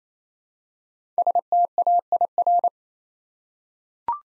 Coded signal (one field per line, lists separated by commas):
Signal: Morse code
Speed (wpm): 28 wpm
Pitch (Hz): 700 Hz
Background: none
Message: STAIR